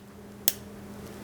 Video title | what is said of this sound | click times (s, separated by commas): Magpul MBUS Pro Offset Sights (REVIEW) | you should be able to hear that click | 0.5 s